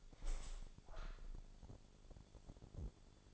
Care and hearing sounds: daily activity, microphone in the room; open window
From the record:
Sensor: 5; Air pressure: 1000.6 hPa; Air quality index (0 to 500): 154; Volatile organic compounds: 2 ppm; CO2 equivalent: 1181 ppm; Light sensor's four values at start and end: 38/91/38/41 and 38/91/38/41

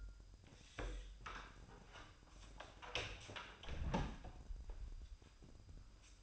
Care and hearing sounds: daily activity, microphone in the room; close door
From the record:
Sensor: 2

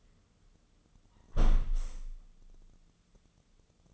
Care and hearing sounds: daily activity, microphone in the room; close window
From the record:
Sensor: 4

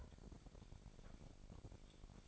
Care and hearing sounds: daily activity, microphone in the room; take from stove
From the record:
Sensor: 5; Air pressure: 1012.1 hPa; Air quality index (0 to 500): 238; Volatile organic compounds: 4 ppm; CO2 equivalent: 1578 ppm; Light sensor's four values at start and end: 45/101/43/46 and 46/104/44/46

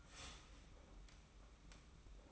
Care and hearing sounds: daily activity, microphone in the room; start toaster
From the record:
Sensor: 1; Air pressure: 991.7 hPa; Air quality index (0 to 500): 171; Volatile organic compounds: 1000 ppm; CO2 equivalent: 6463 ppm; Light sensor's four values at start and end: 32/108/42/43 and 32/108/42/43

